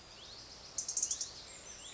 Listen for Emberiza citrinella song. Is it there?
no